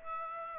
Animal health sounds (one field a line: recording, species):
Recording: mosquito wingbeat signal from an infrared sensor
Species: Aedes aegypti